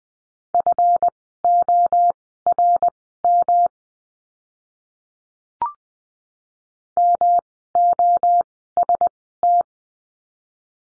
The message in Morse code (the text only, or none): FORM MOST